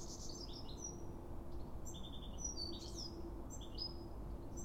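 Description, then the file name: European goldfinch calls, a run of high twittering and tinkling notes over steady low rumbling background noise. "Carduelis carduelis"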